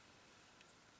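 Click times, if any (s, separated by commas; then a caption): none. A ball bearing is being handled against the molded plastic hub carrier during front-end assembly of an RC car, with only a steady broadband hiss and faint soft handling noise. Nothing has seated or clicked into the carrier yet.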